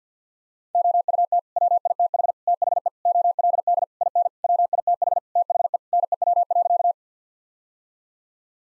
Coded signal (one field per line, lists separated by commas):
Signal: Morse code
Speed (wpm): 50 wpm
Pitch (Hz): 700 Hz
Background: none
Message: OUT WITH THE OLD IN WITH THE NEW.